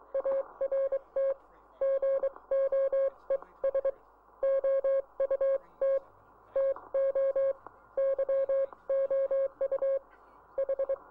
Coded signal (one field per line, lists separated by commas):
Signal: Morse code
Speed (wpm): 23 wpm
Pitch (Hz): 1650 Hz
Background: none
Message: ART GOES OUT TO YOU H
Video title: QRT 500 - The Close Down of 500 kHz in the United Kingdom -